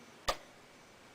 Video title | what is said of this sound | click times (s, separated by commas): Add any pen in your Cricut or Silhouette cutting machine to draw on your cards | you put that in until you hear it click | 0.3 s